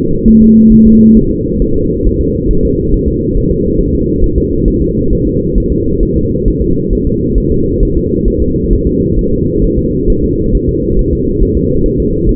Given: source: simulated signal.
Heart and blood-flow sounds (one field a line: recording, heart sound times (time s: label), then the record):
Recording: fetal heart sounds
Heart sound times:
0.28 s: S1
0.42 s: S2
0.72 s: S1
0.87 s: S2
1.17 s: S1
1.31 s: S2
1.62 s: S1
1.76 s: S2
2.07 s: S1
2.21 s: S2
2.51 s: S1
2.65 s: S2
2.94 s: S1
3.08 s: S2
3.37 s: S1
3.52 s: S2
3.81 s: S1
3.95 s: S2
4.24 s: S1
4.38 s: S2
4.68 s: S1
4.82 s: S2
5.13 s: S1
5.27 s: S2
5.58 s: S1
5.72 s: S2
6.03 s: S1
6.17 s: S2
6.48 s: S1
6.62 s: S2
6.93 s: S1
7.07 s: S2
7.38 s: S1
7.52 s: S2
7.83 s: S1
7.97 s: S2
8.28 s: S1
8.42 s: S2
8.73 s: S1
8.87 s: S2
9.19 s: S1
9.33 s: S2
9.64 s: S1
9.79 s: S2
10.10 s: S1
10.24 s: S2
10.55 s: S1
10.69 s: S2
10.99 s: S1
11.13 s: S2
11.43 s: S1
11.57 s: S2
11.86 s: S1
12.00 s: S2
12.29 s: S1
From the record:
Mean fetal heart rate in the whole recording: 135 bpm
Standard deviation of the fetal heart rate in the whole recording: 3 bpm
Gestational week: 36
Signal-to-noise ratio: -15.3 dB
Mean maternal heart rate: 72 bpm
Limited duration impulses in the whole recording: present